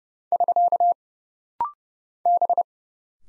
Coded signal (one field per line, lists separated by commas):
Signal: Morse code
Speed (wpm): 30 wpm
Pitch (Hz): 700 Hz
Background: none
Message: <SK> B